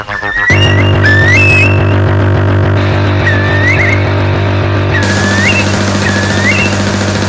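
Curlew calls: rising whistled notes, several in series, some ending in a short upward flick, over a loud steady low droning hum throughout.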